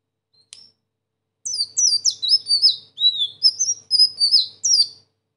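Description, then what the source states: Sunbird song: a single thin note, a pause, then a fast run of very high, sharp, twittering downslurred chirps pouring out for about three and a half seconds. Singing persistently (gacor) in a continuous rolling style (ngeroll) with fill-in phrases (isian); presented as a tutoring recording (masteran).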